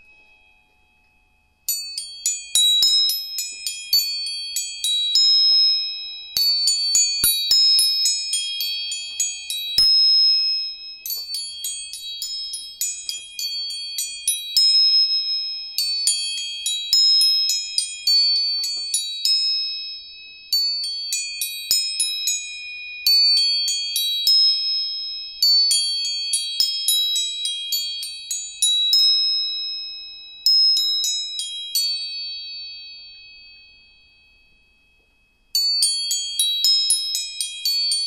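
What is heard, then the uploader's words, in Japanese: Tuning forks are struck again and again in quick, bell-like runs of bright ringing tones over a steady high hum, with one brief pause near the end. 音叉チューニング全体性。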